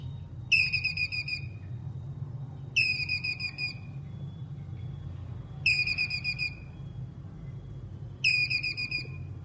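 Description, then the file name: Squirrel calling in four short bursts of quick, high-pitched chirping notes, spaced roughly every two to three seconds, with steady low hum behind. Male, calling. "Tieng soc duc keu"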